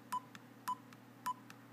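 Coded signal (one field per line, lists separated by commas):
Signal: beep code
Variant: power recliner controller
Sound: three short evenly spaced mid-pitched beeps, each followed by a faint click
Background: low electrical hum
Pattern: 3 short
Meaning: Function number three has been selected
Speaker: if you can listen close you should hear three beeps and that will indicate that we've selected function number three so here we go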